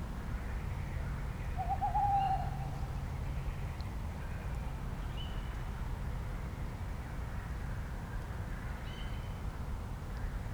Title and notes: 42 Rue des Gourgues, 31150 Fenouillet, France - Piège à son : une nuit à lécoute de la Roselière des Gourgues. Sur la roselière enfin silencieuse résonne le cri de la chouette hulotte